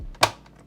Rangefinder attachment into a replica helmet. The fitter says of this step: let's get this Rangefinder on here so I'm assuming it's just going to snap right into place here